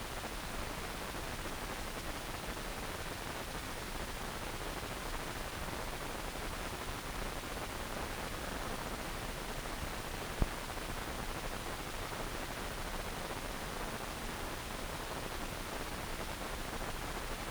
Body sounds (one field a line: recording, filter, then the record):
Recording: brain microelectrode recording played as sound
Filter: wide band, above 20 Hz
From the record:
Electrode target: subthalamic nucleus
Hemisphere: right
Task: reaching with the left hand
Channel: 1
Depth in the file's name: 1.506 mm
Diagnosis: Parkinson's disease